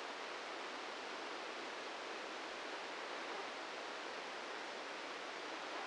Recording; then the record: brain microelectrode recording played as sound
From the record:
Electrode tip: inside the subthalamic nucleus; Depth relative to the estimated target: -2 mm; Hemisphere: left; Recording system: NeuroSet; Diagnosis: Parkinson's disease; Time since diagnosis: 8 years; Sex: male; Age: 46 years